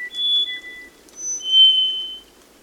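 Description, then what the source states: Black-faced Solitaire song: a few sustained pure whistles at shifting pitches, the last one loudest. Wet mountain forests of Costa Rica; slate-gray bird sings while moving furtively in dense understory; moving makes it hard to locate, protecting it from predators such as raptors.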